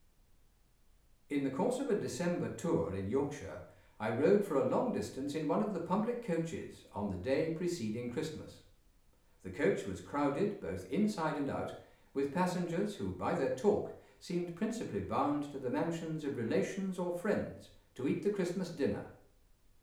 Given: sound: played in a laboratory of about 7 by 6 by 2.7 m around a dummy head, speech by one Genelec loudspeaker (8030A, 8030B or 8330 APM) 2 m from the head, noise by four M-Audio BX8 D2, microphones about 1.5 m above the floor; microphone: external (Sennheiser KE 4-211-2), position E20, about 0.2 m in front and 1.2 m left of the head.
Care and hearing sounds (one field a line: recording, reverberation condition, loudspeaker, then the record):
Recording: male speech in English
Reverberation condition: medium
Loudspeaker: in front (0 degrees)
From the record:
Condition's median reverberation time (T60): about 510 ms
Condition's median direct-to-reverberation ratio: about -0.5 dB